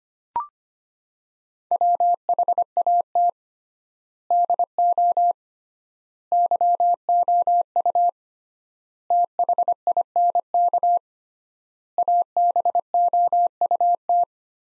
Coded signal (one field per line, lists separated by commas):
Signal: Morse code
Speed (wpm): 25 wpm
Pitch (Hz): 700 Hz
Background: none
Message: WHAT DO YOU THINK ABOUT